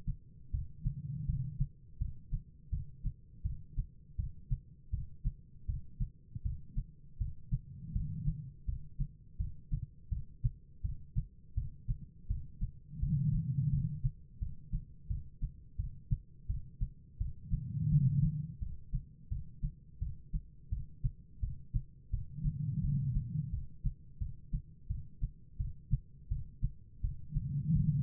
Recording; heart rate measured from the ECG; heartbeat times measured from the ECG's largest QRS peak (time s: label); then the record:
heart sounds by stethoscope; 84 bpm
0.51 s: heartbeat
1.26 s: heartbeat
1.98 s: heartbeat
2.70 s: heartbeat
3.43 s: heartbeat
4.17 s: heartbeat
4.91 s: heartbeat
5.66 s: heartbeat
6.43 s: heartbeat
7.18 s: heartbeat
7.93 s: heartbeat
8.66 s: heartbeat
9.37 s: heartbeat
10.09 s: heartbeat
10.82 s: heartbeat
11.55 s: heartbeat
12.28 s: heartbeat
13.00 s: heartbeat
13.70 s: heartbeat
14.39 s: heartbeat
15.08 s: heartbeat
15.77 s: heartbeat
16.47 s: heartbeat
17.18 s: heartbeat
17.89 s: heartbeat
18.59 s: heartbeat
19.29 s: heartbeat
19.99 s: heartbeat
20.70 s: heartbeat
21.40 s: heartbeat
22.11 s: heartbeat
22.81 s: heartbeat
23.51 s: heartbeat
24.19 s: heartbeat
24.88 s: heartbeat
25.58 s: heartbeat
26.29 s: heartbeat
27.01 s: heartbeat
27.73 s: heartbeat
From the record:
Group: healthy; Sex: female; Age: 51 years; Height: 162 cm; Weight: 70.04 kg